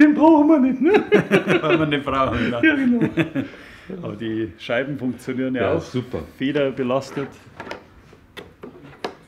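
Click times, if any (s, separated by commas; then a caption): 9.0 s. A spring-loaded latch on a large model aircraft, likely a hatch or canopy lock, is closed while people talk. The latch snaps into its locked position with a sharp click at 9.0 s, locking like the original.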